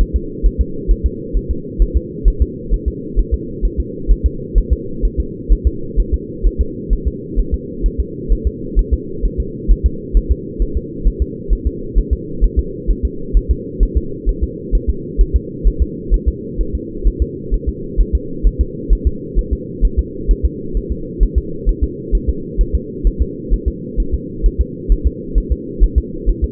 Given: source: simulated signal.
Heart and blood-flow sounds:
fetal heart sounds
0.01 s: S1
0.16 s: S2
0.46 s: S1
0.61 s: S2
0.91 s: S1
1.06 s: S2
1.37 s: S1
1.51 s: S2
1.82 s: S1
1.97 s: S2
2.28 s: S1
2.42 s: S2
2.74 s: S1
2.88 s: S2
3.19 s: S1
3.34 s: S2
3.65 s: S1
3.80 s: S2
4.12 s: S1
4.26 s: S2
4.58 s: S1
4.73 s: S2
5.05 s: S1
5.20 s: S2
5.52 s: S1
5.67 s: S2
6.00 s: S1
6.14 s: S2
6.47 s: S1
6.61 s: S2
6.93 s: S1
7.08 s: S2
7.39 s: S1
7.54 s: S2
7.86 s: S1
8.00 s: S2
8.33 s: S1
8.47 s: S2
8.79 s: S1
8.94 s: S2
9.26 s: S1
9.40 s: S2
9.72 s: S1
9.86 s: S2
10.17 s: S1
10.31 s: S2
10.62 s: S1
10.77 s: S2
11.07 s: S1
11.22 s: S2
11.53 s: S1
11.67 s: S2
11.98 s: S1
12.13 s: S2
12.44 s: S1
12.59 s: S2
12.91 s: S1
13.05 s: S2
13.37 s: S1
13.51 s: S2
13.83 s: S1
13.97 s: S2
14.29 s: S1
14.44 s: S2
14.75 s: S1
14.90 s: S2
15.21 s: S1
15.36 s: S2
15.67 s: S1
15.82 s: S2
16.14 s: S1
16.28 s: S2
16.61 s: S1
16.75 s: S2
17.08 s: S1
17.22 s: S2
17.54 s: S1
17.69 s: S2
18.01 s: S1
18.15 s: S2
18.47 s: S1
18.61 s: S2
18.93 s: S1
19.07 s: S2
19.39 s: S1
19.53 s: S2
19.85 s: S1
19.99 s: S2
20.31 s: S1
20.45 s: S2
20.77 s: S1
20.92 s: S2
21.23 s: S1
21.38 s: S2
21.69 s: S1
21.84 s: S2
22.15 s: S1
22.29 s: S2
22.61 s: S1
22.75 s: S2
23.07 s: S1
23.22 s: S2
23.54 s: S1
23.68 s: S2
24.00 s: S1
24.14 s: S2
24.46 s: S1
24.61 s: S2
24.92 s: S1
25.07 s: S2
25.38 s: S1
25.52 s: S2
25.84 s: S1
25.98 s: S2
26.30 s: S1
26.44 s: S2
From the record:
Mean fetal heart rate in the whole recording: 130 bpm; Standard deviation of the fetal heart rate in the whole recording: 2 bpm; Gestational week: 36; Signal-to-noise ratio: -4.3 dB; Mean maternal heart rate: 72 bpm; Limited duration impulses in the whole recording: absent

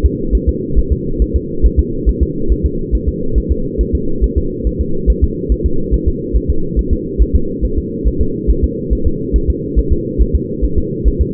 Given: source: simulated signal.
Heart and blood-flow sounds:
fetal heart sounds
0.05 s: S2
0.35 s: S1
0.49 s: S2
0.79 s: S1
0.92 s: S2
1.22 s: S1
1.36 s: S2
1.66 s: S1
1.79 s: S2
2.09 s: S1
2.23 s: S2
2.52 s: S1
2.66 s: S2
2.95 s: S1
3.09 s: S2
3.38 s: S1
3.52 s: S2
3.81 s: S1
3.95 s: S2
4.24 s: S1
4.38 s: S2
4.67 s: S1
4.81 s: S2
5.10 s: S1
5.24 s: S2
5.52 s: S1
5.66 s: S2
5.94 s: S1
6.08 s: S2
6.37 s: S1
6.50 s: S2
6.79 s: S1
6.93 s: S2
7.22 s: S1
7.35 s: S2
7.65 s: S1
7.78 s: S2
8.08 s: S1
8.21 s: S2
8.51 s: S1
8.64 s: S2
8.93 s: S1
9.07 s: S2
9.36 s: S1
9.50 s: S2
9.79 s: S1
9.92 s: S2
10.22 s: S1
10.35 s: S2
10.65 s: S1
10.78 s: S2
11.08 s: S1
11.21 s: S2
From the record:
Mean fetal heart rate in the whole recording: 140 bpm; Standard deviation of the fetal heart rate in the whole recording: 2 bpm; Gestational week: 34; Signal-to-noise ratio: -8.1 dB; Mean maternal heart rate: 72 bpm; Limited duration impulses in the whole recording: absent

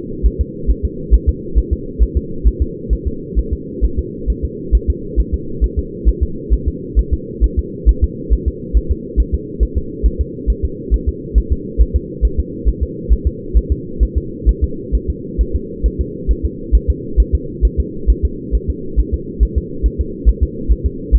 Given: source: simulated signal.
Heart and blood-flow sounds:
fetal heart sounds
0.26 s: S1
0.41 s: S2
0.70 s: S1
0.85 s: S2
1.14 s: S1
1.29 s: S2
1.58 s: S1
1.73 s: S2
2.03 s: S1
2.17 s: S2
2.47 s: S1
2.62 s: S2
2.93 s: S1
3.07 s: S2
3.39 s: S1
3.53 s: S2
3.85 s: S1
3.99 s: S2
4.30 s: S1
4.45 s: S2
4.75 s: S1
4.90 s: S2
5.20 s: S1
5.34 s: S2
5.64 s: S1
5.79 s: S2
6.09 s: S1
6.23 s: S2
6.54 s: S1
6.68 s: S2
6.99 s: S1
7.13 s: S2
7.44 s: S1
7.59 s: S2
7.89 s: S1
8.04 s: S2
8.33 s: S1
8.48 s: S2
8.77 s: S1
8.91 s: S2
9.20 s: S1
9.35 s: S2
9.63 s: S1
9.78 s: S2
10.06 s: S1
10.21 s: S2
10.50 s: S1
10.65 s: S2
10.94 s: S1
11.09 s: S2
11.38 s: S1
11.53 s: S2
11.81 s: S1
11.96 s: S2
12.25 s: S1
12.40 s: S2
12.69 s: S1
12.83 s: S2
13.12 s: S1
13.27 s: S2
13.57 s: S1
13.72 s: S2
14.03 s: S1
14.18 s: S2
14.49 s: S1
14.64 s: S2
14.95 s: S1
15.10 s: S2
15.41 s: S1
15.56 s: S2
15.86 s: S1
16.01 s: S2
16.31 s: S1
16.45 s: S2
16.75 s: S1
16.90 s: S2
17.20 s: S1
17.35 s: S2
17.65 s: S1
17.80 s: S2
18.10 s: S1
18.25 s: S2
18.55 s: S1
18.70 s: S2
19.00 s: S1
19.14 s: S2
19.43 s: S1
19.58 s: S2
19.86 s: S1
20.01 s: S2
20.29 s: S1
20.43 s: S2
20.72 s: S1
20.86 s: S2
21.15 s: S1
From the record:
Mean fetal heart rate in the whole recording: 135 bpm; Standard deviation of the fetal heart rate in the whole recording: 3 bpm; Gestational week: 34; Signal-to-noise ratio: -4.3 dB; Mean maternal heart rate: 72 bpm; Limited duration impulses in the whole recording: absent

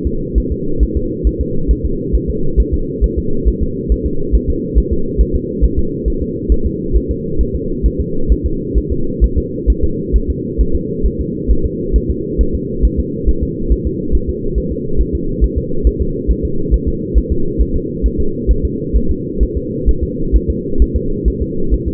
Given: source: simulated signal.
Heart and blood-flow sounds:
fetal heart sounds
0.07 s: S2
0.38 s: S1
0.52 s: S2
0.83 s: S1
0.97 s: S2
1.27 s: S1
1.41 s: S2
1.71 s: S1
1.85 s: S2
2.15 s: S1
2.30 s: S2
2.60 s: S1
2.74 s: S2
3.04 s: S1
3.18 s: S2
3.48 s: S1
3.63 s: S2
3.92 s: S1
4.06 s: S2
4.35 s: S1
4.50 s: S2
4.78 s: S1
4.93 s: S2
5.21 s: S1
5.36 s: S2
5.64 s: S1
5.79 s: S2
6.08 s: S1
6.22 s: S2
6.52 s: S1
6.66 s: S2
6.96 s: S1
7.11 s: S2
7.41 s: S1
7.55 s: S2
7.86 s: S1
8.00 s: S2
8.32 s: S1
8.46 s: S2
8.78 s: S1
8.92 s: S2
9.24 s: S1
9.38 s: S2
9.70 s: S1
9.84 s: S2
10.16 s: S1
10.30 s: S2
10.61 s: S1
10.75 s: S2
11.06 s: S1
11.21 s: S2
11.51 s: S1
11.66 s: S2
11.96 s: S1
12.11 s: S2
12.41 s: S1
12.55 s: S2
12.85 s: S1
13.00 s: S2
13.29 s: S1
13.43 s: S2
13.72 s: S1
13.87 s: S2
14.15 s: S1
14.30 s: S2
14.58 s: S1
14.72 s: S2
15.01 s: S1
15.15 s: S2
15.44 s: S1
15.58 s: S2
15.87 s: S1
16.01 s: S2
16.31 s: S1
16.45 s: S2
16.74 s: S1
16.88 s: S2
17.18 s: S1
17.32 s: S2
17.61 s: S1
17.76 s: S2
18.06 s: S1
18.20 s: S2
18.51 s: S1
18.65 s: S2
18.97 s: S1
19.11 s: S2
19.43 s: S1
19.57 s: S2
19.89 s: S1
20.03 s: S2
20.36 s: S1
20.50 s: S2
20.82 s: S1
20.96 s: S2
21.28 s: S1
21.42 s: S2
21.74 s: S1
21.88 s: S2
From the record:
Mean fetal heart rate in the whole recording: 135 bpm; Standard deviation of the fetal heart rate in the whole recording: 3 bpm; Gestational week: 34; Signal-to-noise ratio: -8.1 dB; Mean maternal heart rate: 72 bpm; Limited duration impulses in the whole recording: absent

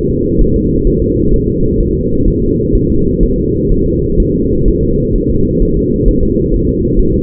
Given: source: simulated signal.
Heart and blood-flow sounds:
fetal heart sounds
0.11 s: S2
0.42 s: S1
0.56 s: S2
0.87 s: S1
1.02 s: S2
1.34 s: S1
1.48 s: S2
1.81 s: S1
1.95 s: S2
2.28 s: S1
2.42 s: S2
2.75 s: S1
2.90 s: S2
3.23 s: S1
3.38 s: S2
3.72 s: S1
3.86 s: S2
4.20 s: S1
4.35 s: S2
4.68 s: S1
4.83 s: S2
5.16 s: S1
5.30 s: S2
5.62 s: S1
5.77 s: S2
6.09 s: S1
6.23 s: S2
6.54 s: S1
6.69 s: S2
7.00 s: S1
7.14 s: S2
From the record:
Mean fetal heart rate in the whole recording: 130 bpm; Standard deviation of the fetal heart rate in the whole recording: 4 bpm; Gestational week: 38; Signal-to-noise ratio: -15.3 dB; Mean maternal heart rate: 72 bpm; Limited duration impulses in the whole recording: present

